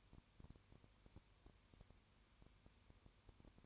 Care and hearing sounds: daily activity, microphone in the room; no activity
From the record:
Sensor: 2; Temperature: 20.8 degrees Celsius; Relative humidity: 38.3%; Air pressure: 1010.4 hPa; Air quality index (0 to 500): 200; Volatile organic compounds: 19 ppm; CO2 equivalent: 2646 ppm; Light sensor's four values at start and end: 2/3/2/2 and 2/3/2/2

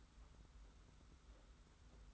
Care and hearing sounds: daily activity, microphone in the room; take from stove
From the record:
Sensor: 3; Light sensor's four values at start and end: 45/124/51/44 and 45/124/51/44

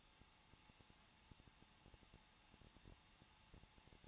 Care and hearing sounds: daily activity, microphone in the room; no activity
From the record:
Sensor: 1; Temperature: 20.1 degrees Celsius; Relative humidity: 39.4%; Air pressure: 1006.4 hPa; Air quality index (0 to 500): 220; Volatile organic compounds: 83 ppm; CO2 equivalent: 3630 ppm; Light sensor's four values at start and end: 1/2/1/1 and 1/2/1/1

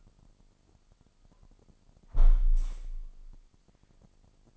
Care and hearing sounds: daily activity, microphone in the room; close window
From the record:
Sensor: 5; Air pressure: 1004.7 hPa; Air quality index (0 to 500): 82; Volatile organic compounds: 1 ppm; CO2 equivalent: 976 ppm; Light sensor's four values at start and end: 33/78/31/30 and 33/77/31/30

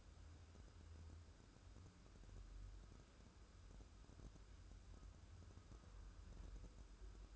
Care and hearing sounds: daily activity, microphone in the room; wipe stove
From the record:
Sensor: 2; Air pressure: 1015.0 hPa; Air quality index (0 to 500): 49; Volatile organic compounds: 1 ppm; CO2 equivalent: 633 ppm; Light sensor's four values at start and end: 13/35/14/15 and 13/35/14/15

